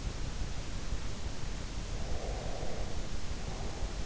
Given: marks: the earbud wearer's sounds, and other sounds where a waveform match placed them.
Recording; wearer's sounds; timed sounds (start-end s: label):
sounds in sleep by an in-ear microphone; breath
1.97-3.87 s: breath